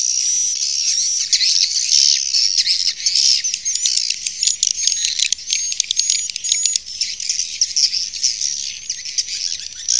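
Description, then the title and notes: Swiftlet twitters: high, clicky, rattling chirps in fast irregular runs, over a thin steady tone. Swiftlet sound used in swiftlet farming in Asia. "Swiflet Bird Sound. Farming Swiflet Bird asia sound"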